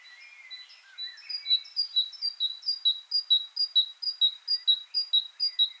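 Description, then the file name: Great tit song, clear high notes repeated about twice per second in a steady series, with some low chirps at the start. "Parus major"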